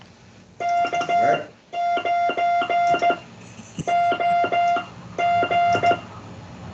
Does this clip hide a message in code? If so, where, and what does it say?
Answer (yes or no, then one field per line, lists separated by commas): yes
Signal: Morse code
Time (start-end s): 0.6-5.9 s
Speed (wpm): 14 wpm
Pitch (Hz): 700 Hz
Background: speech, music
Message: K9OG